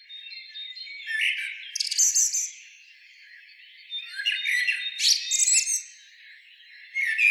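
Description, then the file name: Common blackbird in short bursts of harsh, squeaky twitters about three seconds apart, over a faint steady high hum. "Turdus merula"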